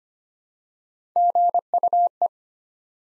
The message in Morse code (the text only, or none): GUE